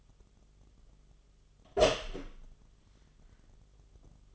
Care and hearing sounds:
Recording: daily activity, microphone in the room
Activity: open door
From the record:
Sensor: 4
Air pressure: 1005.6 hPa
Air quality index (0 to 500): 96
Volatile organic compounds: 2 ppm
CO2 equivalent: 1192 ppm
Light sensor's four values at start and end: 14/31/12/12 and 13/30/12/11

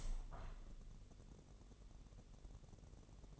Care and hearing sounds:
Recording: daily activity, microphone in the room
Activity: open window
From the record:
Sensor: 4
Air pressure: 1001.2 hPa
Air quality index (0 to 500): 248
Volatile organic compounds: 45 ppm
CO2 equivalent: 3224 ppm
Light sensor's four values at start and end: 9/19/8/7 and 9/20/8/7

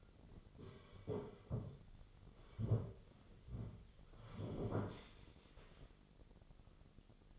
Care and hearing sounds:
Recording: daily activity, microphone in the room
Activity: sit down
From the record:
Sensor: 4

